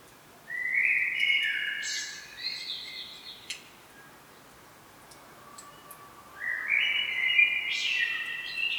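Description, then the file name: Common blackbird sings a stepped fluty phrase with a squeaky upper flourish, falls quiet, then begins a second rising whistled phrase. "Turdus merula"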